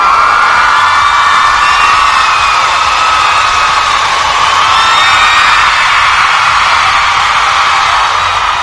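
A crowd cheers and applauds steadily, a dense wash of whoops and shouts that stays loud and sustained without letting up, with no one speaking over it.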